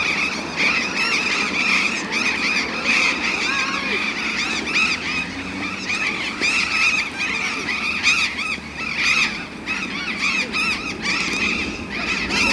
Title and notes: Loros barranqueros (Cyanoliseus patagonus). Av. Alem esq. Uruguay. B° Universitario. /1/2015-20:32hs